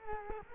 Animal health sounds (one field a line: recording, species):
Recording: mosquito wingbeat signal from an infrared sensor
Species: Culex quinquefasciatus